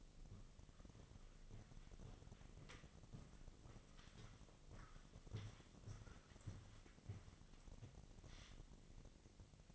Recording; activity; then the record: daily activity, microphone in the room; walk to room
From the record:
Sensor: 4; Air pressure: 1000.3 hPa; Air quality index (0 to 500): 208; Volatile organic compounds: 20 ppm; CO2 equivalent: 2687 ppm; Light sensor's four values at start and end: 9/21/8/8 and 8/19/7/7